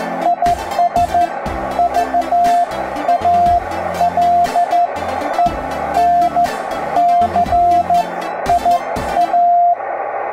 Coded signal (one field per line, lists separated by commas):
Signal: Morse code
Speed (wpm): 13 wpm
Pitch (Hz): 700 Hz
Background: music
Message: IS VALENCIA